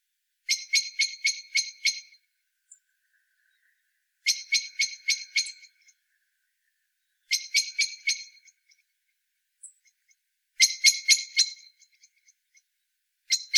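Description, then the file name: Eurasian blackbird chattering in repeated bursts of five or six harsh clicks, roughly every three seconds, with faint ticks between. "Turdus merula"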